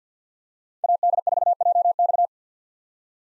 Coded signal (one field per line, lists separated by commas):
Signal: Morse code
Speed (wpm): 45 wpm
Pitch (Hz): 700 Hz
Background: none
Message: AD4JX